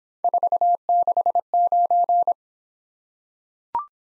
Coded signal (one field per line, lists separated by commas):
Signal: Morse code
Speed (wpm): 26 wpm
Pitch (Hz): 700 Hz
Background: none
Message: 469